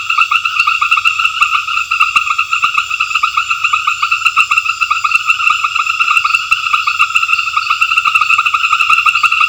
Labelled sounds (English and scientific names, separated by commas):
none